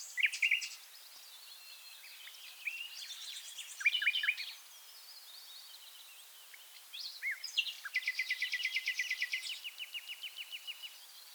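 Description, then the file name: Common nightingale song, quiet, with varied whistled and trilled phrases and a long rattling trill, over a constant hiss of background noise. "Luscinia megarhynchos"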